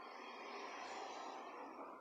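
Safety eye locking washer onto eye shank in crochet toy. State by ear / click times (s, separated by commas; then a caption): not seated / none. A locking washer is pushed onto the shank of a plastic safety eye in a crochet toy. Only a steady, even broadband hiss is heard for about 2 seconds, with no sudden sounds. The washer has not seated or clicked yet.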